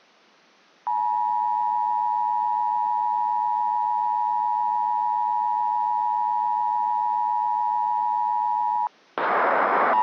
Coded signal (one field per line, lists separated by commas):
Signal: Emergency Alert System (SAME) tones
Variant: 853 and 960 Hz attention tone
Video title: [EAS RECREATION COMP] - 35 Minutes worth of Required Monthly Tests